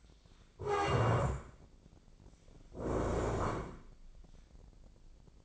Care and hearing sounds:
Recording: daily activity, microphone in the room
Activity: stand up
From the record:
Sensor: 5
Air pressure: 1012.4 hPa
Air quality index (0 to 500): 150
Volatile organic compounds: 2 ppm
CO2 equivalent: 1026 ppm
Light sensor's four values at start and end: 271/649/277/305 and 271/649/276/305

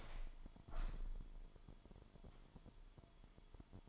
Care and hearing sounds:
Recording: daily activity, microphone in the room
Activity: open window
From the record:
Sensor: 5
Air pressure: 998.1 hPa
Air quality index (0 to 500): 97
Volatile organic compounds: 2 ppm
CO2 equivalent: 1105 ppm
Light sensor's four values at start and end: 27/65/27/29 and 27/65/27/29

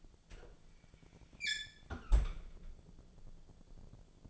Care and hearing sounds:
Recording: daily activity, microphone in the room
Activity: close fridge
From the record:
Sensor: 5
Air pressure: 1000.2 hPa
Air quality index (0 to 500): 100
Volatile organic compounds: 1 ppm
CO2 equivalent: 812 ppm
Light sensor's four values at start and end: 237/562/241/264 and 234/554/237/260

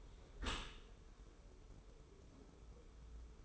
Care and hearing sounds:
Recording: daily activity, microphone in the room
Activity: close dishwasher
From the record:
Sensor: 1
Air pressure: 1015.0 hPa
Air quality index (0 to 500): 25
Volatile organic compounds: 0 ppm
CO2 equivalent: 500 ppm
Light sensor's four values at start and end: 13/30/12/13 and 13/30/12/13

